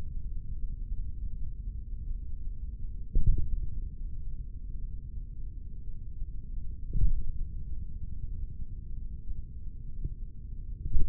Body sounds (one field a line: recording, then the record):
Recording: forearm muscle sounds (acoustic myography)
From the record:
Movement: finger pinch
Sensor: system 3, bracelet of six PUI Audio POM-2738L microphones around the upper forearm, with dedicated amplification and filtering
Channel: 2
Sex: male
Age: 56 years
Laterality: right